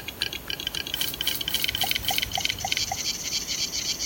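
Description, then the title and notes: Western capercaillie clicking display, several overlapping copies of rapid dry clicks blending into a busy rattle, with a few clear knocking pulses in the middle. Male capercaillie in a Swedish forest; accelerating clicking sounds, looped as five repeating copies layered into music. "Andreas made an audio recording in the Swedish forest of a Capercaillie cock"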